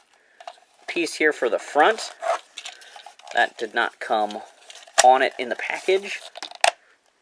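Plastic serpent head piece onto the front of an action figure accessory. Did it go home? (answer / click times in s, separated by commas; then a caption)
yes / 6.6 s. A plastic serpent-head piece, which did not come attached in the package, is plugged onto the front of an action figure's vehicle or accessory while someone talks. A loud, sharp snap at 6.6 s marks the piece clicking into place, and it is seated.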